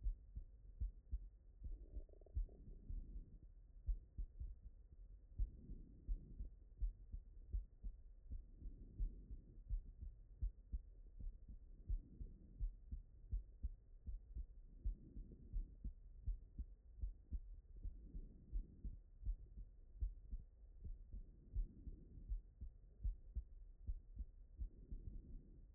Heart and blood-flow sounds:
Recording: heart sounds by stethoscope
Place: tricuspid valve (TV)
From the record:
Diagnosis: non-HFrEF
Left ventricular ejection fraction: 60%

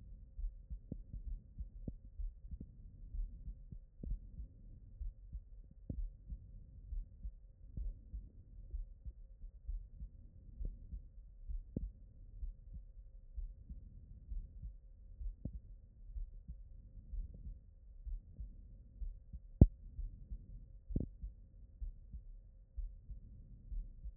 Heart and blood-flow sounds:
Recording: heart sounds by stethoscope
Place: aortic valve (AV)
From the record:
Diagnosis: non-HFrEF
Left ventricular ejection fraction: 68%

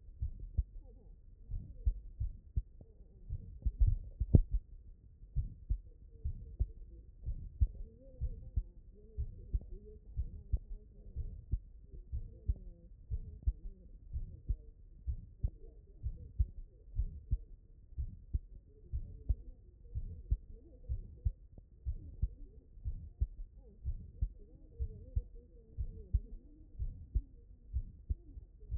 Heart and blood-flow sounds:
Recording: heart sounds by stethoscope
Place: mitral valve (MV)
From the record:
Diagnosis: non-HFrEF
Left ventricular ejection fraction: 65%

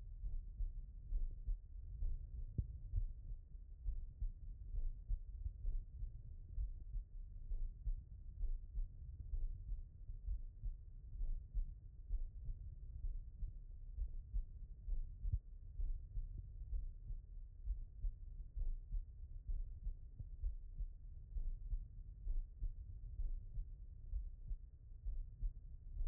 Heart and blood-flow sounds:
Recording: heart sounds by stethoscope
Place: pulmonary valve (PV)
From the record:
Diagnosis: non-HFrEF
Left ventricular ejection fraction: 64%

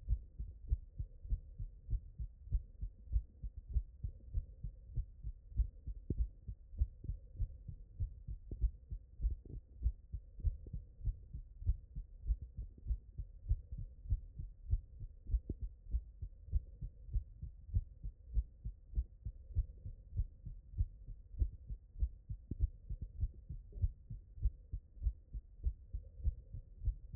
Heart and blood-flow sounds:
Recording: heart sounds by stethoscope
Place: tricuspid valve (TV)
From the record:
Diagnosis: non-HFrEF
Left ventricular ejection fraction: 66%

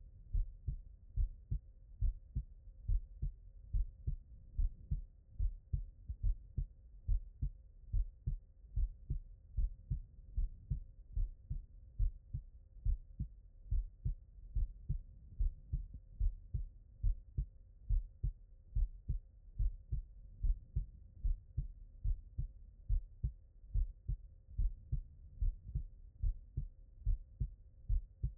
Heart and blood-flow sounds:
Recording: heart sounds by stethoscope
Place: pulmonary valve (PV)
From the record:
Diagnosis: non-HFrEF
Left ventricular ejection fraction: 60%

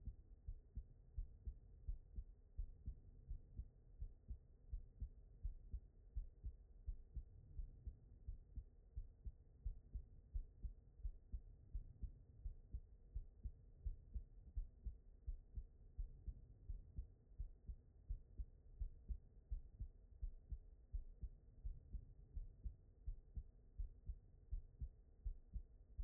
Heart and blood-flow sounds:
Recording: heart sounds by stethoscope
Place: aortic valve (AV)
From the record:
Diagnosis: non-HFrEF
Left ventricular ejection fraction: 62%

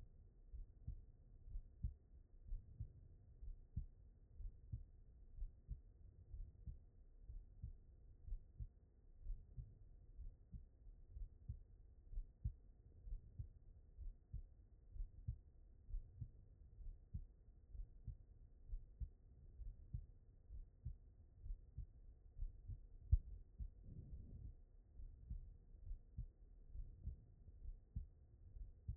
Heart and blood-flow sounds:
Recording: heart sounds by stethoscope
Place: aortic valve (AV)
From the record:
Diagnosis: non-HFrEF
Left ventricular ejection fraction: 58%

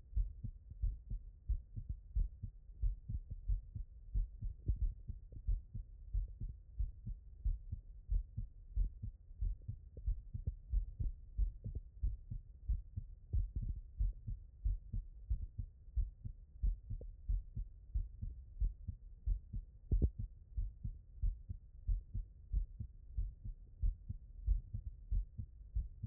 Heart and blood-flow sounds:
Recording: heart sounds by stethoscope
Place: tricuspid valve (TV)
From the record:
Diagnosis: non-HFrEF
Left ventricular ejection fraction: 66%

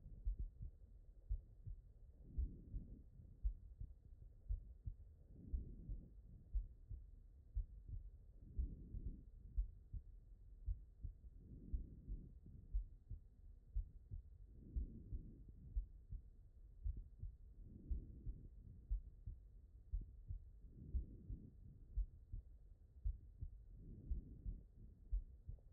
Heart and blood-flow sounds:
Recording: heart sounds by stethoscope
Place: pulmonary valve (PV)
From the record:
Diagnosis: non-HFrEF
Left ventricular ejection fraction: 65%

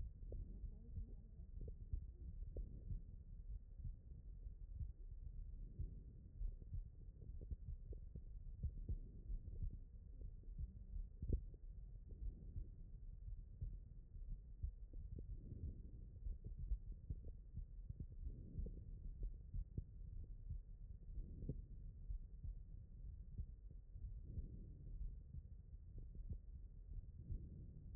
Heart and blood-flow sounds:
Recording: heart sounds by stethoscope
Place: aortic valve (AV)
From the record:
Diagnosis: non-HFrEF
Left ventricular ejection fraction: 64%

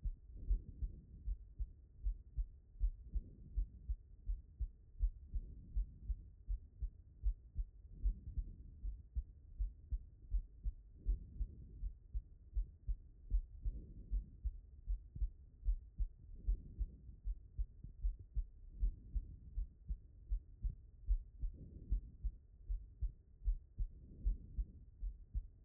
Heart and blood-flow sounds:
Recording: heart sounds by stethoscope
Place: pulmonary valve (PV)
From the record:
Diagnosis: non-HFrEF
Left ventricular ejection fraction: 72%

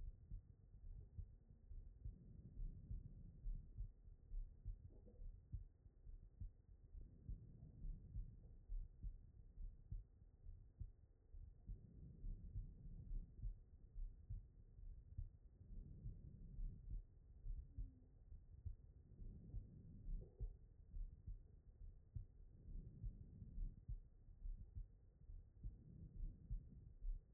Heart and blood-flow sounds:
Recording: heart sounds by stethoscope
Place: aortic valve (AV)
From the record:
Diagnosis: non-HFrEF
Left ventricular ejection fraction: 60%

